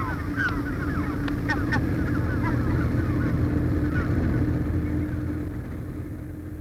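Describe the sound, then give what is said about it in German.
Seagulls call in a flurry of short, sharp squawks over a steady low rumble like an engine, the cries bunching together early on and then thinning out. “Aber die Möwen, Mama, sind hier genauso weiß wie anderswo.”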